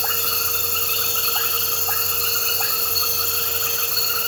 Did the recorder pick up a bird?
no